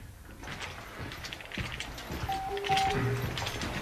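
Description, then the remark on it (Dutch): A radio gives a short run of electronic beeps signalling that it has lost connection, two brief high tones followed by a lower, longer tone, over steady background noise and rustling. “Je hoort het kort voor me in te piepen. Dus die zegt tegen mij dat ik geen verbinding meer heb.”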